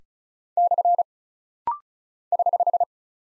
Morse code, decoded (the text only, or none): / <HH>